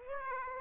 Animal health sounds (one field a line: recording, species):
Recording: mosquito wingbeat signal from an infrared sensor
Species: Aedes aegypti